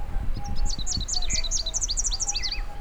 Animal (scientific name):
Basileuterus rufifrons